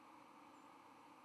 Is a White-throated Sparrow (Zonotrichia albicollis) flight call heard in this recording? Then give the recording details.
yes. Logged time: 08:06 on 31 October 2014